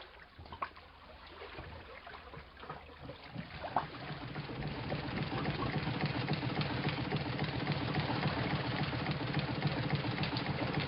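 A steam launch engine chugs steadily at night on 30 October, its boiler stoked by Lord Godalming, a low rhythmic pulsing that builds in loudness after the first few seconds and then holds, with faint watery trickling mixed in.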